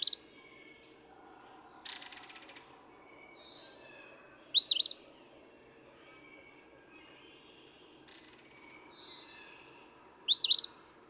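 Eastern phoebe repeating its scratchy two-note song about every five to six seconds, while other birds chip and twitter softly in the background.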